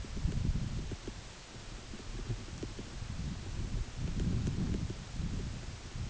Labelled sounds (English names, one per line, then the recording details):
none
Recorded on Arctic tundra, site UTQI-8, on 14 June 2019
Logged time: 10:00